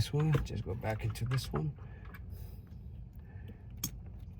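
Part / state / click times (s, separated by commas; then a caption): wiring harness connector into its mating connector / seated / 3.8 s. Someone talks while plugging a wiring harness connector back into its mating connector during installation of a Hannshow F888 head-up display screen with front camera in a car. After some quieter handling noise, a sharp click at 3.8 s confirms the connector is seated.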